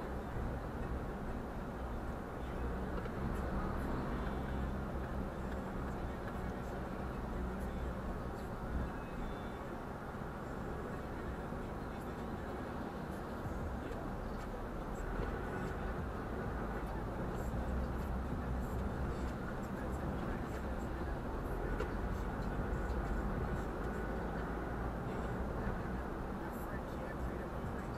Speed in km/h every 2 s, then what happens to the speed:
26, 28, 28, 28, 24, 23, 18, 21, 24, 27, 30, 36, 42, 43.
0-5 steady at about 28. 5-13 slows to 18. 13-24 speeds up to 42.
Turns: none.